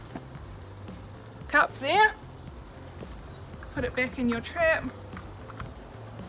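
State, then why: Not seated. Someone talks while putting a baited peanut-butter cup back into a snap rat trap and starting to set the trap's spring arm onto its trigger catch, with steady insect chirping throughout and a short sharp tap near 1.0 s. The clip ends during handling; the spring arm has not yet seated or clicked onto the catch.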